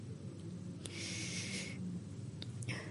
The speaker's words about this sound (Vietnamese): Bà Nhã Lam còn chưa nói hết câu thì phải dừng lại để thở. Bà cố gắng hít vào một hơi rồi nói tiếp.